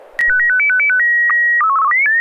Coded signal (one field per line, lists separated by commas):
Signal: SSTV (slow-scan television)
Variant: Martin 1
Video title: N6NA SSTV Net - 02/01/2023